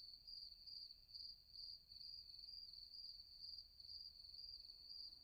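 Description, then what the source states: Cricket chirp, a shrill steady trill broken into quick regular pulses, with faint low noise underneath. Several crickets.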